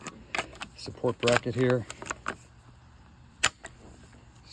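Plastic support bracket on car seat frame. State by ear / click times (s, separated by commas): seated / 3.5 s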